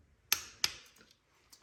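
A click-type torque wrench set to 36 tightens the second middle cylinder head bolt during a head gasket replacement on a 2010-2015 Prius / CT200h. Two sharp clicks sound at 0.3 s and 0.6 s, followed by faint light ticks, confirming the bolt has reached torque and both middle bolts are done.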